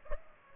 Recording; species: mosquito wingbeat signal from an infrared sensor; Culex pipiens